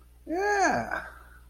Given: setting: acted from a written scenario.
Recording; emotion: vocal sound without words; contentment